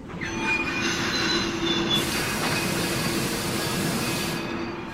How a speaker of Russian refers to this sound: Вдруг вагон качнуло, тошнотворно заскрежетали тормоза.